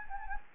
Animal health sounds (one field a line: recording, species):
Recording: mosquito wingbeat signal from an infrared sensor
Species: Anopheles gambiae